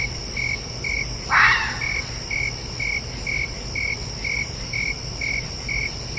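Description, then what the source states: Red fox giving a single harsh, hoarse scream lasting about half a second, over crickets chirping steadily about twice per second. Calling at night.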